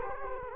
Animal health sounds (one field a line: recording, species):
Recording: mosquito wingbeat signal from an infrared sensor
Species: Culex quinquefasciatus